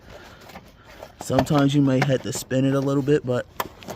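An engine wiring harness clip on a G35 is handled at its mounting hole in the engine bay, about to be pushed down and spun slightly until it clips in. Someone talks over faint handling noise, with two brief sharp sounds near the end. Nothing has seated or clicked yet.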